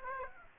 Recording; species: mosquito wingbeat signal from an infrared sensor; Aedes aegypti